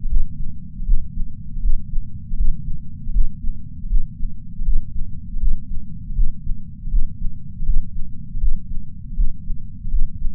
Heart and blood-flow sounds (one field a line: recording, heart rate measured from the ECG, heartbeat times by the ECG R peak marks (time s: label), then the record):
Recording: heart sounds by patch sensor on the chest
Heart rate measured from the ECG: 79 bpm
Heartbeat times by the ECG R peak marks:
0.05 s: heartbeat
0.82 s: heartbeat
1.58 s: heartbeat
2.33 s: heartbeat
3.09 s: heartbeat
3.85 s: heartbeat
4.61 s: heartbeat
5.36 s: heartbeat
6.11 s: heartbeat
6.86 s: heartbeat
7.61 s: heartbeat
8.36 s: heartbeat
9.12 s: heartbeat
9.86 s: heartbeat
From the record:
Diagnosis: coronary artery disease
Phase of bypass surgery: intraoperative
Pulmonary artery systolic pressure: 21 mmHg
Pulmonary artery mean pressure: 15 mmHg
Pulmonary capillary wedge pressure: 10 mmHg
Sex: male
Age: 65 years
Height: 170 cm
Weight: 65 kg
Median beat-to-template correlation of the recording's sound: 0.94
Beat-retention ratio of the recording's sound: 0.99